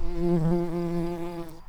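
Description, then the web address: Early bumblebee giving a continuous low droning buzz with layered harmonics, wavering slightly in pitch, then fading out at the end. Queens. "bumblebees Pratorum-queens"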